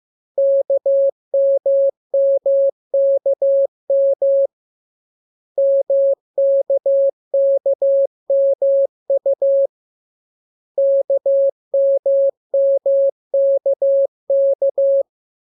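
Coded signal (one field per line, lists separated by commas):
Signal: Morse code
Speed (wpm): 15 wpm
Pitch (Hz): 550 Hz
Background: none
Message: KMMKM MKKMU KMMKK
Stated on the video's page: Morse code lesson two teaching letters K, M and U; each transmission opens with VVV and a section sign and ends with AR.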